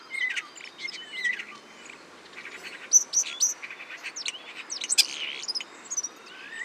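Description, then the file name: Common starling song, a loose mix of soft whistles, clicks and scratchy squeaks, with a few louder sharp notes. "Spreeuw"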